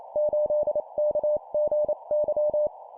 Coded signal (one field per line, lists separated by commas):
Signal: Morse code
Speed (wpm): 28 wpm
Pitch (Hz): 600 Hz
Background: none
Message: 8KGY